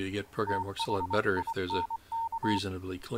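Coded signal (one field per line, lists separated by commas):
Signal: Morse code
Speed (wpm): 23 wpm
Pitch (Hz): 910 Hz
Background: speech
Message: THINK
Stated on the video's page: CW received as virtual audio from a remotely connected ICOM server radio; many operators don't use keyers and leave irregular spacing between letters.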